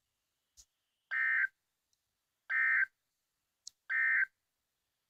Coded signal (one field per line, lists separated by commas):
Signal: Emergency Alert System (SAME) tones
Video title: EAS 58 and 59 SVR and TOR in Florida